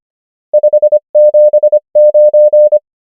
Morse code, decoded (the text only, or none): 5 7 9